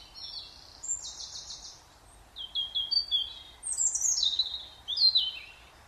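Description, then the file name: European robin song: a quick buzzing trill, then a run of thin rising and falling whistles and sharp downward slurs, fairly continuous for several seconds. "Erithacus rubecula"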